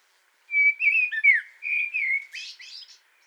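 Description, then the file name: Common blackbird singing one mellow, warbled whistled phrase that wavers up and down, then ends in a squeaky, scratchy high twitter. "Turdus merula"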